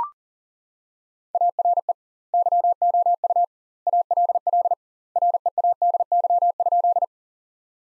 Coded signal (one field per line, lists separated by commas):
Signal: Morse code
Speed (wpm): 37 wpm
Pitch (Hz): 700 Hz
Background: none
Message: ARE YOU ALL READY?